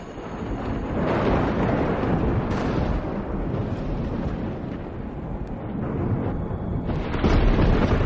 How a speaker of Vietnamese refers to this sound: Chưa trèo lên khỏi đầm thì bỗng nhiên một tiếng sét kinh thiên động địa đánh thẳng xuống ngôi chùa ở đầu làng.